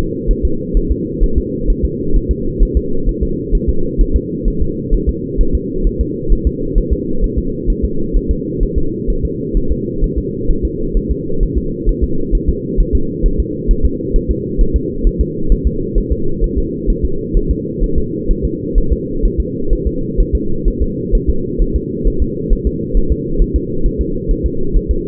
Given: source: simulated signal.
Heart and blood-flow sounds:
fetal heart sounds
0.31 s: S1
0.45 s: S2
0.77 s: S1
0.91 s: S2
1.23 s: S1
1.38 s: S2
1.70 s: S1
1.85 s: S2
2.16 s: S1
2.31 s: S2
2.63 s: S1
2.77 s: S2
3.09 s: S1
3.23 s: S2
3.55 s: S1
3.69 s: S2
4.01 s: S1
4.16 s: S2
4.48 s: S1
4.62 s: S2
4.94 s: S1
5.09 s: S2
5.41 s: S1
5.55 s: S2
5.87 s: S1
6.01 s: S2
6.32 s: S1
6.47 s: S2
6.78 s: S1
6.93 s: S2
7.24 s: S1
7.38 s: S2
7.70 s: S1
7.84 s: S2
8.16 s: S1
8.31 s: S2
8.63 s: S1
8.78 s: S2
9.10 s: S1
9.25 s: S2
9.57 s: S1
9.72 s: S2
10.04 s: S1
10.19 s: S2
10.51 s: S1
10.65 s: S2
10.97 s: S1
11.12 s: S2
11.43 s: S1
11.58 s: S2
11.89 s: S1
12.04 s: S2
12.35 s: S1
12.49 s: S2
12.80 s: S1
12.95 s: S2
13.26 s: S1
13.40 s: S2
13.71 s: S1
13.86 s: S2
14.16 s: S1
14.31 s: S2
14.61 s: S1
14.76 s: S2
15.07 s: S1
15.21 s: S2
15.52 s: S1
15.67 s: S2
15.98 s: S1
16.12 s: S2
16.44 s: S1
16.58 s: S2
16.90 s: S1
17.05 s: S2
17.37 s: S1
17.51 s: S2
17.84 s: S1
17.98 s: S2
18.31 s: S1
18.45 s: S2
18.78 s: S1
18.92 s: S2
19.25 s: S1
19.40 s: S2
19.73 s: S1
19.87 s: S2
20.20 s: S1
20.35 s: S2
20.68 s: S1
20.82 s: S2
21.15 s: S1
21.30 s: S2
21.61 s: S1
21.76 s: S2
22.07 s: S1
22.22 s: S2
22.53 s: S1
22.67 s: S2
22.97 s: S1
23.12 s: S2
23.42 s: S1
23.56 s: S2
23.86 s: S1
24.01 s: S2
24.31 s: S1
24.46 s: S2
24.76 s: S1
24.91 s: S2
From the record:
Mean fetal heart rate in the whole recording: 130 bpm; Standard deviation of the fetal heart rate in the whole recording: 2 bpm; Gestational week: 38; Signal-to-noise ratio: -8.1 dB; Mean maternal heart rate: 72 bpm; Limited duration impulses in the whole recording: absent

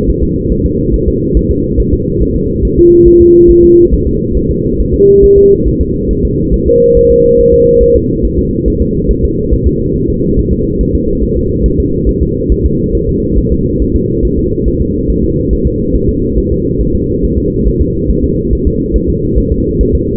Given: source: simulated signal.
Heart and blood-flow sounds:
fetal heart sounds
0.10 s: S1
0.23 s: S2
0.52 s: S1
0.66 s: S2
0.94 s: S1
1.08 s: S2
1.37 s: S1
1.51 s: S2
1.80 s: S1
1.94 s: S2
2.22 s: S1
2.36 s: S2
2.65 s: S1
2.79 s: S2
3.08 s: S1
3.22 s: S2
3.51 s: S1
3.64 s: S2
3.94 s: S1
4.07 s: S2
4.37 s: S1
4.51 s: S2
4.80 s: S1
4.94 s: S2
5.24 s: S1
5.38 s: S2
5.68 s: S1
5.81 s: S2
6.11 s: S1
6.25 s: S2
6.54 s: S1
6.68 s: S2
6.97 s: S1
7.11 s: S2
7.40 s: S1
7.54 s: S2
7.83 s: S1
7.96 s: S2
8.25 s: S1
8.39 s: S2
8.68 s: S1
8.82 s: S2
9.11 s: S1
9.25 s: S2
9.54 s: S1
9.67 s: S2
9.96 s: S1
10.10 s: S2
10.39 s: S1
10.53 s: S2
10.81 s: S1
10.95 s: S2
11.24 s: S1
11.37 s: S2
11.66 s: S1
11.80 s: S2
12.09 s: S1
12.23 s: S2
12.52 s: S1
12.66 s: S2
12.95 s: S1
13.09 s: S2
13.38 s: S1
13.52 s: S2
13.82 s: S1
13.96 s: S2
14.25 s: S1
14.39 s: S2
14.68 s: S1
14.81 s: S2
15.10 s: S1
15.24 s: S2
15.53 s: S1
15.67 s: S2
15.96 s: S1
16.09 s: S2
16.38 s: S1
16.52 s: S2
16.81 s: S1
16.95 s: S2
17.25 s: S1
17.38 s: S2
17.68 s: S1
17.81 s: S2
18.11 s: S1
18.24 s: S2
18.53 s: S1
18.67 s: S2
18.96 s: S1
19.10 s: S2
19.38 s: S1
19.52 s: S2
19.81 s: S1
19.95 s: S2
From the record:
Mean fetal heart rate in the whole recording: 140 bpm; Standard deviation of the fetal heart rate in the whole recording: 2 bpm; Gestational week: 34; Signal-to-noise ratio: -14.7 dB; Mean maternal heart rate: 72 bpm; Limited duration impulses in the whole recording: present

